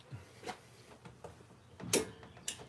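A click-type torque wrench tightens the bottom brake caliper bracket bolt to 80 ft-lbs. Soft ratcheting ticks lead into one sharp, loud click at 1.9 s, followed by a second bright snap near 2.5 s. The click at 1.9 s confirms the wrench reached its 80 ft-lb setting.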